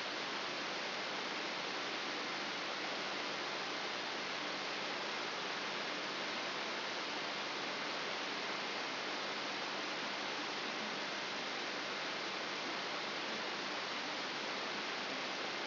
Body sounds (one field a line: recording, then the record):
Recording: brain microelectrode recording played as sound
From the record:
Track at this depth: inside the subthalamic nucleus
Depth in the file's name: 1.005 mm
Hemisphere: left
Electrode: 3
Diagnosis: Parkinson's disease